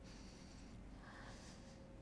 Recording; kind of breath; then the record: one breath in and out by a microphone near the nose and mouth; deep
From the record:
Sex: male